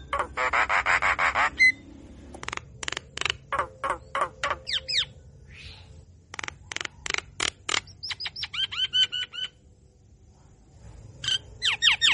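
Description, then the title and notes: Javan myna song: a harsh buzzy rattle, then loud clicking notes in a series, followed by twisting whistled phrases, over faint low background hum. Song used as a lure to stimulate other birds to sing; bird described as gacor, singing vigorously, in the mangut mangugut song style. "Suara Khas Jalak Kebo Gacor Mangut Mangugut. Kicau Jalak Kebo"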